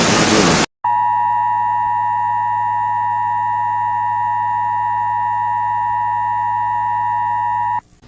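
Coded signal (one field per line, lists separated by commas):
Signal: Emergency Alert System (SAME) tones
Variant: 853 and 960 Hz attention tone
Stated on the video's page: Fictional zombie-apocalypse EAS scenario containing valid EAS tones.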